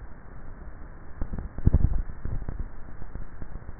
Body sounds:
swallowing sounds by neck microphone; 1
1.72-2.48 s: swallow
From the record:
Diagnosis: dysphagia

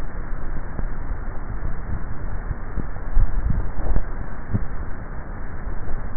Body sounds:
swallowing sounds by neck microphone; 1
3.27-4.13 s: swallow
From the record:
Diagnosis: dysphagia

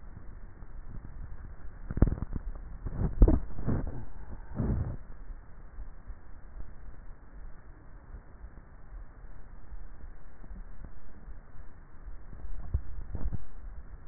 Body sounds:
swallowing sounds by neck microphone; 2
2.28-3.95 s: swallow
12.65-13.32 s: swallow
From the record:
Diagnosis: dysphagia

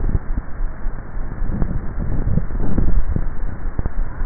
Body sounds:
swallowing sounds by neck microphone; 1
1.72-3.05 s: swallow
From the record:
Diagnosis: dysphagia

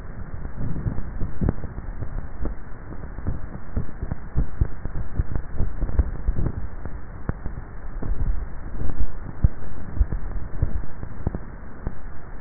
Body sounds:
swallowing sounds by neck microphone; 3
5.92-6.65 s: swallow
8.18-8.92 s: swallow
10.08-10.72 s: swallow
From the record:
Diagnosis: dysphagia

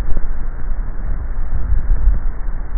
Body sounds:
swallowing sounds by neck microphone; 1
1.52-2.28 s: swallow
From the record:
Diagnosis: dysphagia

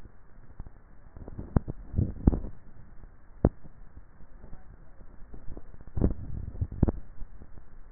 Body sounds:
swallowing sounds by neck microphone; 2
1.72-2.52 s: swallow
6.28-6.95 s: swallow
From the record:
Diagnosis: dysphagia

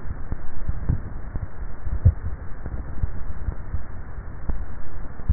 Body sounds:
swallowing sounds by neck microphone; 1
1.88-2.75 s: swallow
From the record:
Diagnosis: dysphagia

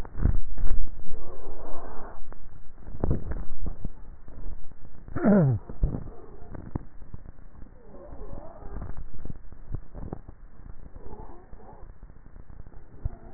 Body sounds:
swallowing sounds by neck microphone; 2
2.92-3.82 s: swallow
9.05-9.78 s: swallow
From the record:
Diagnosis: dysphagia

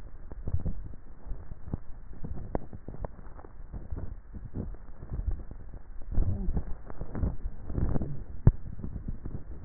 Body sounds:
swallowing sounds by neck microphone; 4
0.52-1.65 s: swallow
1.88-3.42 s: swallow
3.58-4.92 s: swallow
7.25-8.18 s: swallow
From the record:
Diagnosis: dysphagia

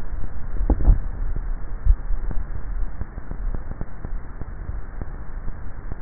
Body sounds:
swallowing sounds by neck microphone; 2
0.53-1.56 s: swallow
1.86-2.79 s: swallow
From the record:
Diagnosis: dysphagia

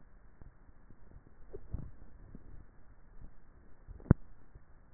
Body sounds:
swallowing sounds by neck microphone; 1
1.55-2.45 s: swallow
From the record:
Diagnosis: dysphagia

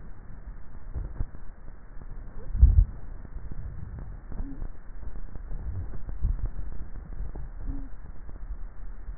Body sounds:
swallowing sounds by neck microphone; 2
2.32-3.32 s: swallow
5.95-6.75 s: swallow
From the record:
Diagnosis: dysphagia

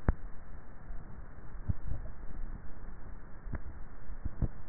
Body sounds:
swallowing sounds by neck microphone; 1
1.72-2.62 s: swallow
From the record:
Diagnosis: dysphagia

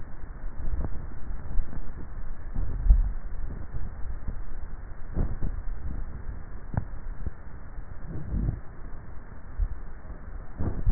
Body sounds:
swallowing sounds by neck microphone; 2
2.55-3.65 s: swallow
5.28-6.15 s: swallow
From the record:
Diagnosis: dysphagia

